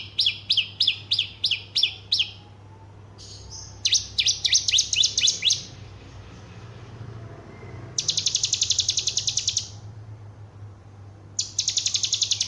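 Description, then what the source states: Horsfield's bush lark: evenly repeated sharp high notes, then a dense buzzy trill and long rattling bursts, over a steady low hum. Song billed as special and full of material.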